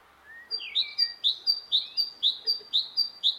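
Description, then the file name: Great tit song: a clear two-note phrase repeated rapidly many times. "Parus major"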